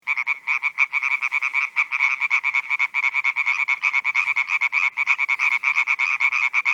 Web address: Viltansou Rainettes. la rainette verte